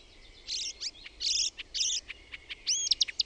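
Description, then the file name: Marsh warbler song with rapid buzzy chatters alternating with clear high whistled and slurred notes, one phrase after another. "LUHTAKERTTUNEN"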